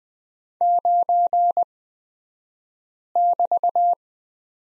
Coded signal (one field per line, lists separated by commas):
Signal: Morse code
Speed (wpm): 20 wpm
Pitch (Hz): 700 Hz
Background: none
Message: 9<BT>